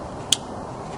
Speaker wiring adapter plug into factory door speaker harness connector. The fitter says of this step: Simply put it there and press until you hear a snap